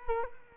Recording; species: mosquito wingbeat signal from an infrared sensor; Culex quinquefasciatus